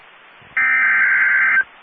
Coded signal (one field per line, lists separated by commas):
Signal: Emergency Alert System (SAME) tones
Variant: header bursts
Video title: Severe Thunderstorm Warning (EAS 1815) 5/11/22